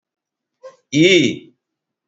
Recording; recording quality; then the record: sustained vowel as in beet; excellent, no background noise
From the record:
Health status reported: healthy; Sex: male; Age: 45 years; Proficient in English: yes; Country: India